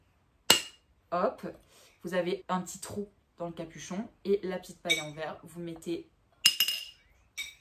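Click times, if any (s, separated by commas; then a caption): 0.5 s. A small cap with an elastic band is pressed onto a drinking glass so it clips on, giving a sharp glassy clink at 0.5 s as it seats. Someone then talks, and two more short clinks follow near 6.5 s and 6.6 s.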